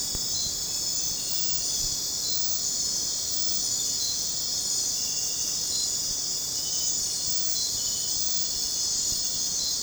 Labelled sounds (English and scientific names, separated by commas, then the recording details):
none
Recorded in dense forest near Puerto Asís, Putumayo, Colombia, on 21 December 2024 at 00:00
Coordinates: 0.466, -76.327
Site G075